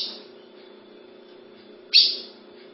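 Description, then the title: Ultramarine grosbeak giving a sharp, bright call note that falls quickly in pitch, after the fading end of an earlier one, over a steady low hum. "Azulao"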